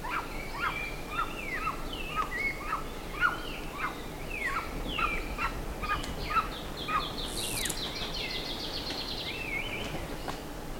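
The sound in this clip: Bird calls: a series of short notes, then a run of high rapid chatter and a brief hiss.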